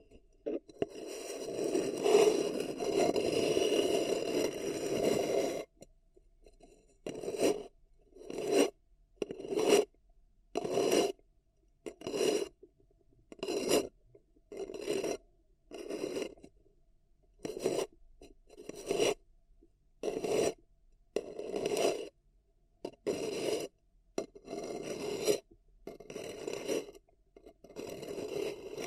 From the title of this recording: Paper Cup Tingles